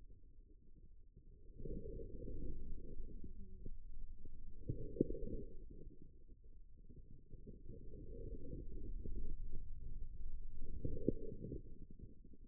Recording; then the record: forearm muscle sounds (acoustic myography)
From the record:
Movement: inward rotation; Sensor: system 2, bracelet of six BSWA MPA416 microphones around the upper forearm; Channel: 6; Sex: male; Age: 22 years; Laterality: right